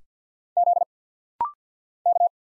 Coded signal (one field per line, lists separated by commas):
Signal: Morse code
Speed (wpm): 50 wpm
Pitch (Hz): 700 Hz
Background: none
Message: Z K